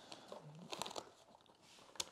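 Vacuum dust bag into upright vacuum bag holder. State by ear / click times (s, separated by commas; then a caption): not seated / none. A paper HEPA dust bag with a gasket collar is handled and pushed toward its holder inside an Oreck Magnesium LW1500RS upright vacuum, but it has not seated or clicked into place yet. Crinkling paper and plastic handling sounds are heard, with sharp taps at about 0.1, 0.8, 0.9 and 1.0 seconds and a louder, sharper hit at 2.0 seconds. There is no talk.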